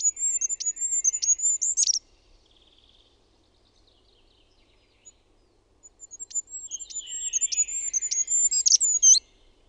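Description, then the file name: Goldcrest song: two very high, thin phrases of rapidly repeated notes, each ending in a brief flourish, separated by about four seconds of quiet. "HIPPIAINEN"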